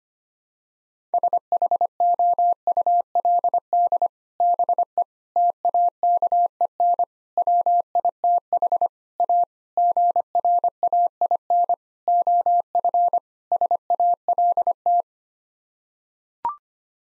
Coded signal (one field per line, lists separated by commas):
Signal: Morse code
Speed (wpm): 25 wpm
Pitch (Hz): 700 Hz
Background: none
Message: SHOULD BE TAKEN WITH A GRAIN OF SALT